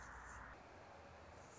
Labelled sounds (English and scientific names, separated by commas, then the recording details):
Anna's Hummingbird (Calypte anna)
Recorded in Sonoma County, California